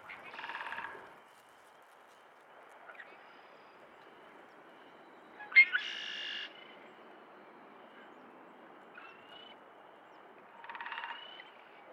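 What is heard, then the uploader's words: Dusk in a marsh, with a steady soft hum of creatures filling the background. Three loud, raspy, nasal calls, like a duck's, stand out near the start, the middle and the end, and a few faint chirps come in between. Dusk Sounds in Miner's Marsh. Annapolis Valley, Nova Scotia.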